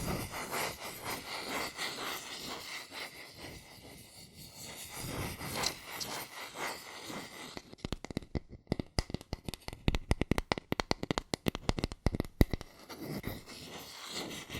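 Fast tapping, scratching and tracing on cardboard and paper. The first half is a steady, dense rustling scratch with soft swells, then from about eight seconds quick sharp taps take over in rapid, uneven bursts with brief gaps between them.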